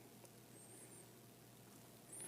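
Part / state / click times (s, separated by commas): plastic face mask onto action figure head / not seated / none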